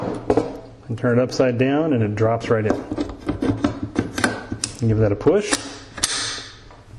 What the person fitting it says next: that locks into place